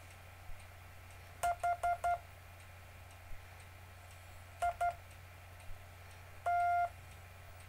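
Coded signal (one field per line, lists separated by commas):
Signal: Morse code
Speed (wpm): 12 wpm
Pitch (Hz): 700 Hz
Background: none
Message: HIT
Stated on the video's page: Live-streamed continuous circular Morse code practice.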